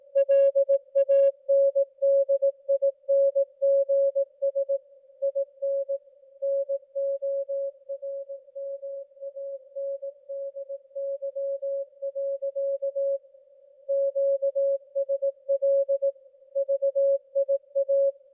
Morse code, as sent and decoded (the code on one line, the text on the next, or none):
.-.. .- -. -.. .. -. --. ... / .. -. / -. --- .-. -- .- -. -.. -.-- .-.-.- / --.- ... .-.. / ...- .. .-
LANDINGS IN NORMANDY. QSL VIA